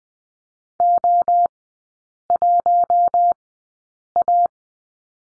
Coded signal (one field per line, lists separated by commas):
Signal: Morse code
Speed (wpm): 20 wpm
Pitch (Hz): 700 Hz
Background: none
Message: O1A